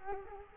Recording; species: mosquito wingbeat signal from an infrared sensor; Culex quinquefasciatus